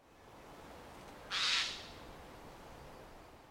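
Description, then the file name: Eurasian jay giving one harsh, rasping screech lasting about half a second, with steady background hiss before and after. "Garrulus glandarius"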